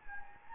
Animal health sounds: mosquito wingbeat signal from an infrared sensor; Anopheles gambiae

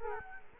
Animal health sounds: mosquito wingbeat signal from an infrared sensor; Culex quinquefasciatus

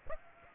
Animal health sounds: mosquito wingbeat signal from an infrared sensor; Aedes aegypti

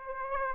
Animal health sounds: mosquito wingbeat signal from an infrared sensor; Aedes aegypti

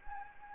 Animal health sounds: mosquito wingbeat signal from an infrared sensor; Anopheles arabiensis

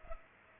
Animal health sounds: mosquito wingbeat signal from an infrared sensor; Culex pipiens

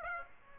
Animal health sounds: mosquito wingbeat signal from an infrared sensor; Aedes aegypti

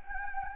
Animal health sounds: mosquito wingbeat signal from an infrared sensor; Anopheles gambiae

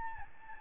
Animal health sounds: mosquito wingbeat signal from an infrared sensor; Aedes albopictus

